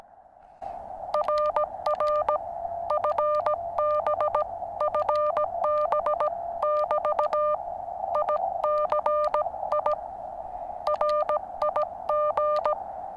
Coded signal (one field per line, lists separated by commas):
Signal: Morse code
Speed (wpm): 17 wpm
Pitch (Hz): 600 Hz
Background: none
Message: RR FB FB <BT> ICI RIG